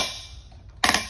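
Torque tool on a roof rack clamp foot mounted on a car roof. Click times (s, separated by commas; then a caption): 0.8 s. A torque tool tightens the clamp foot of a Thule EVO Clamp roof rack mounted on a car roof, turned past the 40% setting all the way to 100%. After a quiet stretch of faint hiss, a sharp, bright click rings out at 0.8 s, followed by two quicker ratchet-like clicks just after. The click confirms the tool has reached its full set torque.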